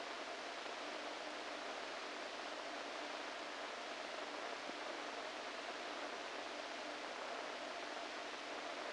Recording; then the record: brain microelectrode recording played as sound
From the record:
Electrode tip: inside the subthalamic nucleus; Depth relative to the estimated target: -3 mm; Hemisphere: right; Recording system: NeuroSet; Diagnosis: Parkinson's disease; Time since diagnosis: 14 years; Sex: male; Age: 51 years